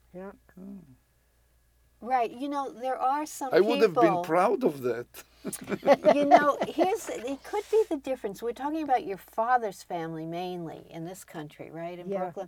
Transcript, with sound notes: Yeah.
Right you know there are some people...
I would have been proud of that (laughs)
You know, it could be the difference, we're talking about your father's family mainly in this country, right, in Brooklyn?